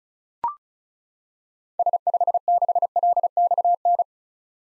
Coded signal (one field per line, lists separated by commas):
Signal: Morse code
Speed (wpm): 36 wpm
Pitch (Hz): 700 Hz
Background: none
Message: S56LXN